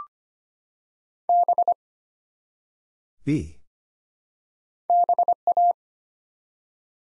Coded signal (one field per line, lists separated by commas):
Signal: Morse code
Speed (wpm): 25 wpm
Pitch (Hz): 700 Hz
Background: none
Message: B BA